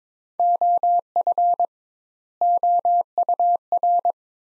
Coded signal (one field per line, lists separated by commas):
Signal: Morse code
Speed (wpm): 21 wpm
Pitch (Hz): 700 Hz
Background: none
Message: OF OUR